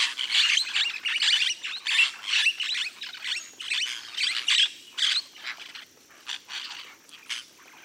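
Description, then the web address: Blue-headed parrot calling with coarse, grating squawks in quick irregular runs that fade toward the end. Recorded in the eastern lowlands of South America. "Natures Songs S America Eastern Lowlands. Blue-headed Parrot"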